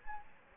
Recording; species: mosquito wingbeat signal from an infrared sensor; Anopheles gambiae